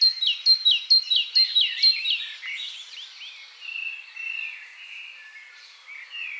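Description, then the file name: Great tit calls: a fast run of sharp, hooked notes for about two seconds, then softer slurred chirps and thin whistles, with a louder note at the end. "Parus major"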